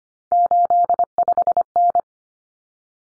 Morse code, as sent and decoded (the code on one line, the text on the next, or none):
---.. ..... -.
85N